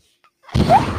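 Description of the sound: After a brief silence, a sudden rushing whoosh of air with a faint tone: a home mechanical ventilator cycling.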